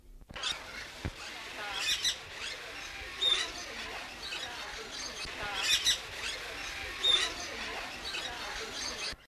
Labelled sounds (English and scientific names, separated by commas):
White-eared Parakeet (Pyrrhura leucotis) call